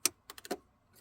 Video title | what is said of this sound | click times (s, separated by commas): 2018 - 2024 Toyota Camry fuel pumps replacement how to | Push it down till you hear it lock in. | 0.1 s